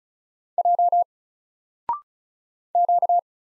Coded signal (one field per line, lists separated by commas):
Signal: Morse code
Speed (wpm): 36 wpm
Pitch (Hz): 700 Hz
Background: none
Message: J Q